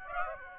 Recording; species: mosquito wingbeat signal from an infrared sensor; Aedes aegypti